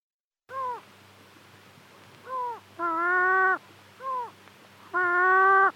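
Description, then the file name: Caspian gull uttering short arched notes interspersed with longer, level, harsh calls, about five in all, over a steady low hum. "Golosa ptic - Hohotunya Larus cachinnans"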